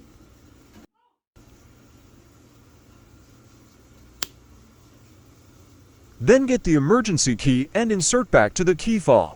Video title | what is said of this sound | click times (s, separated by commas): how to replace key fob battery for mercedes benz | carefully out the tip in the corner of the key then press them firmly so they click into place | 4.2 s